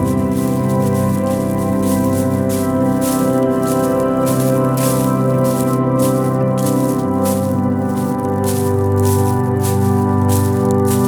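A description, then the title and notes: Footsteps crunch through dry leaves at a brisk, even pace, roughly two dry rustling steps each second across the whole stretch. Beneath them a steady, layered low hum runs throughout, shifting slightly in pitch around the eight-second mark, while overall loudness stays constant. Brisk Walk Through the Leaves.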